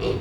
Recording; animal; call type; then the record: contact call of a hoofed animal; pig; closed-mouth grunt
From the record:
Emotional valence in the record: positive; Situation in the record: food and toys in familiar pen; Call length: 0.21 s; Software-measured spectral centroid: 1730 Hz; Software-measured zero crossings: 1190 a second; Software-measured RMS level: -25 dBFS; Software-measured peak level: -14 dBFS